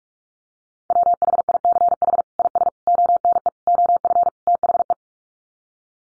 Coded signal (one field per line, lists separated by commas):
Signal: Morse code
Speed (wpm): 44 wpm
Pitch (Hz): 700 Hz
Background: none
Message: WHICH IS ONE OF THE